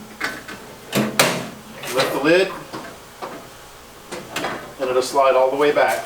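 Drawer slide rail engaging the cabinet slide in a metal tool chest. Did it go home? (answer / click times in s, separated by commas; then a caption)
yes / 1.2 s. A drawer slide rail is pulled into engagement with the cabinet slide on the second side of a drawer being installed in a Harbor Freight 4-drawer metal tool chest. A single sharp metallic click at 1.2 s marks the slide seating into place, with a softer knock near 4.4 s. Someone talks throughout.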